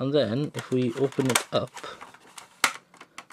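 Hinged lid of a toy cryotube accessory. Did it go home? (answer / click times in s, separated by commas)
yes / 2.6 s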